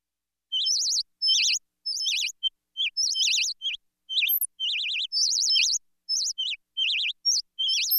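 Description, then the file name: Bird chirping: bursts of high, rapidly warbling tweets in short clusters separated by brief pauses, with no other sounds. "Birds chirping and tweeting"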